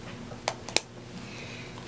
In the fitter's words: lock into place